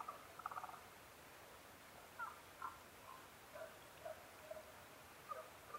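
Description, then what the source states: Tago's brown frog calling: a quick burst of short croaks, then scattered single soft notes every second or so against a hissing background. Recorded 15 May 2011 at 02:19.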